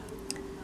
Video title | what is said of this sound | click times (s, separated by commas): Braun Oral B Battery replacement | you might not hear it clicking but i think that did click and the two little white clips on the sides went in | 0.3 s